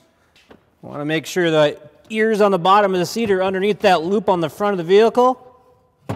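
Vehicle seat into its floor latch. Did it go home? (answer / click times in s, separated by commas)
no / none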